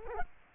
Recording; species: mosquito wingbeat signal from an infrared sensor; Culex quinquefasciatus